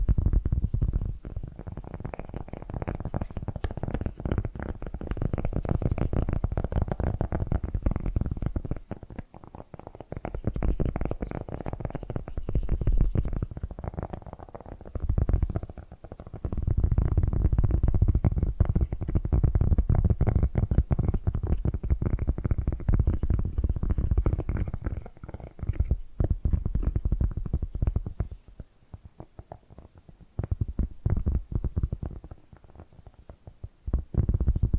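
Dense tapping and scratching sounds run almost without pause, a thick low rumble crowded with quick ticks and scrapes. The level stays mostly steady, dipping briefly around 9, 15 and 26 seconds, and thins out near the end.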